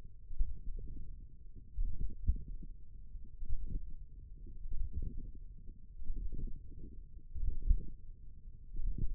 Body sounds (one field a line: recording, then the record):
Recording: forearm muscle sounds (acoustic myography)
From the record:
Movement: tripod grip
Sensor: system 1, eight BSWA MPA416 microphones around the upper forearm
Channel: 3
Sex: female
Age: 21 years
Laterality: right